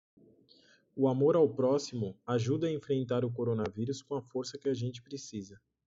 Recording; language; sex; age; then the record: spoken sentence; Brazilian Portuguese; male; 30 to 39 years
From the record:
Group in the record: control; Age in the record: 36 years